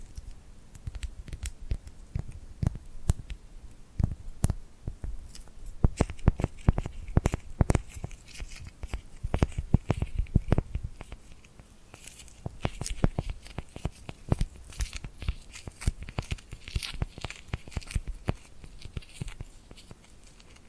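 Tingly glued hand sounds: sticky peeling and tearing crackles from the hands, with dense clusters of sharp clicks and pops scattered irregularly throughout. Bursts come thick around six to eleven seconds and again after twelve, with brief quieter gaps between, over a soft hiss.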